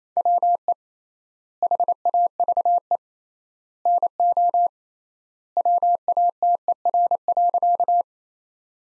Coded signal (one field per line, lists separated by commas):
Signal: Morse code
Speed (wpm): 28 wpm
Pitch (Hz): 700 Hz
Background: none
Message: WE HAVE NO WATER.